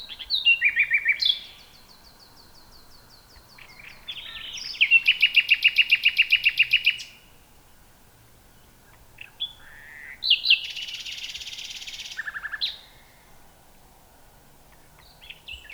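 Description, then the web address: Common nightingale song: loud rapid repeated notes in bursts, a fast rattling trill around six seconds, then more varied phrases after a pause. "nachtegaal luscinia megarhynchos"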